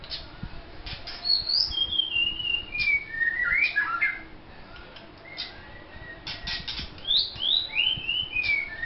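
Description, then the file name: White-rumped shama song: clear whistled phrases sliding down in pitch, with rising and falling slurs and a few sharp clicks between, pausing briefly midway. Vietnam. "shama vietnam omkicau"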